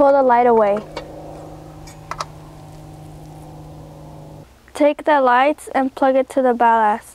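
On a 2001 Volkswagen Passat, Xeon HID lights are being installed: the HID bulb lead is handled to plug into the ballast connector while someone talks. Between the speech comes a steady low hum, with two brief sharp ticks around 2.1 and 2.2 seconds. The connector has not seated or clicked into the ballast yet.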